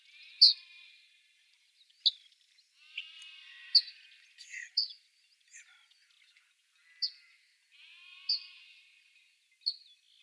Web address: emberiza hortulana call